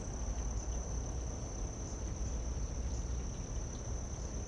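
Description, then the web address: Crickets sustaining an even, steady high-pitched note from start to finish over a constant low rumble. Late summer. "Electra Quinney. Late Summer Crickets"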